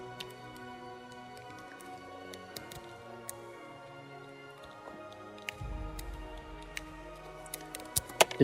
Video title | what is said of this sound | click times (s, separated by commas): Ultimate Batman Arkhamverse Custom Figure 3.0 | didn't really click but why | none